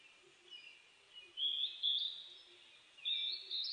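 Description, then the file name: Japanese robin singing a few high phrases, with faint low pulses underneath. Recorded on 29 May 2004. "040529 komadori"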